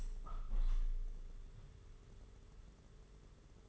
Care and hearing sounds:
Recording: daily activity, microphone in the room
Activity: open window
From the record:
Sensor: 4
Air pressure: 992.1 hPa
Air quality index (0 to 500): 95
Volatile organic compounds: 10 ppm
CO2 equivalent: 2212 ppm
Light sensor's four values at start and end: 22/76/28/29 and 22/77/28/30

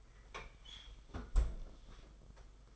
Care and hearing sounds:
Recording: daily activity, microphone in the room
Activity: close fridge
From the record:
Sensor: 5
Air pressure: 991.2 hPa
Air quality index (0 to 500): 113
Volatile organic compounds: 30 ppm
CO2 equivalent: 2951 ppm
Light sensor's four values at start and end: 36/112/43/45 and 35/111/42/45

